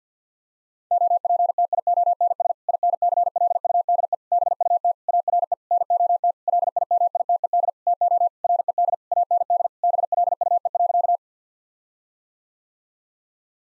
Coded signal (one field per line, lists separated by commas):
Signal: Morse code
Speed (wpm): 50 wpm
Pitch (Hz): 700 Hz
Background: none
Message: OPTIONS INCLUDE BUT ARE NOT LIMITED TO RED AND BLUE.